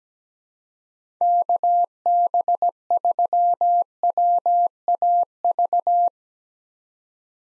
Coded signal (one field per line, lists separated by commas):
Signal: Morse code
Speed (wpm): 17 wpm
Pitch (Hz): 700 Hz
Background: none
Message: KB3WAV